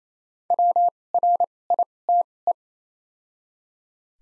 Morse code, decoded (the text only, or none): W R I T E